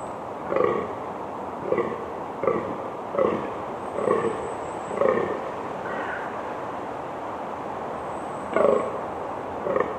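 Fallow deer groaning calls, short hoarse belching grunts repeated every second or so in irregular bursts over steady background hiss, with a thin high whine twice.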